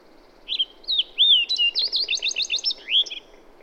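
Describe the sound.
Bird song: a lively phrase of swooping whistles, then a rapid chain of sharp downward chips, finishing on a rising-falling slur.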